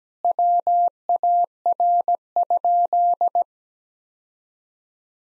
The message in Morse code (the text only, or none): WAR?